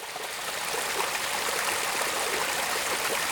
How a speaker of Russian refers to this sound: Попробуйте определить. Сейчас вы слышите горный ручей или равнинный?